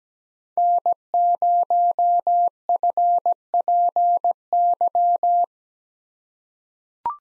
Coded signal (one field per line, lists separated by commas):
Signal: Morse code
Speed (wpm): 17 wpm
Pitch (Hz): 700 Hz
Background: none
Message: N0FPY